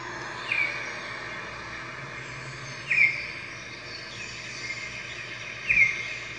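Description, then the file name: Red-whiskered bulbul calling with quick, sharp chirps spaced a few seconds apart against a steady background hum. "Red-whiskered Bulbul Voice"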